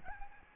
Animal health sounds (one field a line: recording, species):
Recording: mosquito wingbeat signal from an infrared sensor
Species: Aedes albopictus